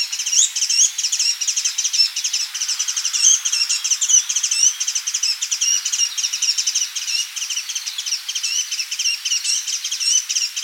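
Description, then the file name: Asian brown flycatcher giving rapid, high-pitched twittering chirps in a dense, continuous stream. "Muscicapa dauurica"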